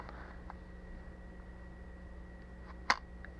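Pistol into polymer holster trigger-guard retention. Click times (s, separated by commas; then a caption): 2.9 s. A pistol is pushed into a polymer holster until the polymer around the trigger guard latches down, giving one sharp, loud click at 2.9 s, a very positive latch. Before it there are only faint small ticks over a low steady hum. The pistol is seated in the holster's trigger-guard retention.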